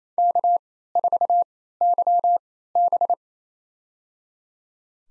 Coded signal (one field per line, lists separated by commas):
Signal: Morse code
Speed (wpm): 28 wpm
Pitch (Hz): 700 Hz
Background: none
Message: K4YB